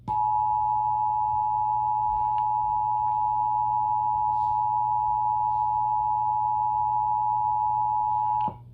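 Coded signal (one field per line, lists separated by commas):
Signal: Emergency Alert System (SAME) tones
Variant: 853 and 960 Hz attention tone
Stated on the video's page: EAS Required Monthly Test received over cable television on CNN HD.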